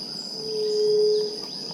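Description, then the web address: White-tipped dove call, a single drawn-out low hooting note held evenly for about a second over a constant shrill insect hum. "sound White-tipped-dove. دانلود-صدای-قمری-ورو"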